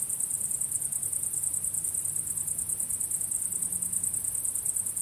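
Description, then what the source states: Cricket chirping as a quick, evenly pulsed high trill, many beats per second, over a soft low droning hum. Recorded at sunset.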